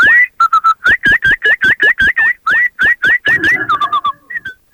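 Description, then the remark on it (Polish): A man from Siemianowice Śląskie whistles an imitation of blackbird song: a quick run of bright, rising-and-falling notes in bursts, some sliding sharply, ending in softer trailing chirps. No talking. “A skoro mamy wśród słuchaczy pana z Siemianowic Śląskich, który tak pięknie naśladuje gołębie... Cukru, cukru, cukru. I kosy...”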